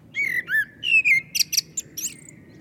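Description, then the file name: Common blackbird song: a low fluted warble of several whistled notes, then a burst of high, scratchy twittering notes. "Turdus merula"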